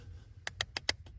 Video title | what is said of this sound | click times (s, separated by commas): Audi A4 B6 brake light switch replacement | You can hear it popping while I pull it out. | 0.5 s, 0.6 s, 0.8 s, 0.9 s